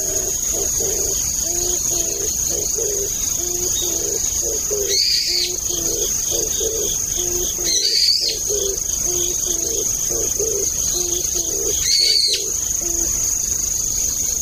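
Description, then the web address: Brown-eared bulbul with three short, harsh squealing calls spaced several seconds apart, against a constant shrill insect drone and faint repeated low notes. Autumn. "sikioto birds akihiyodori"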